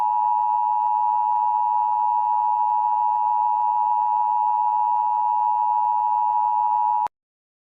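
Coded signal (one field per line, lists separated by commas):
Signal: Emergency Alert System (SAME) tones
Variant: 853 and 960 Hz attention tone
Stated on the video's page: Fictional analog-horror EAS scenario, a simulated alert.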